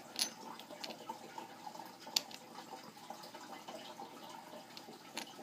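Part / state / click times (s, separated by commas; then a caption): small internal part into fishing reel body / seated / 2.2 s. During reassembly of a Daiwa 17 Tatula SV TW baitcasting reel, a small internal part is pressed into the reel body among faint handling ticks. It snaps in with a sharp click at 2.2 seconds, and the part is seated.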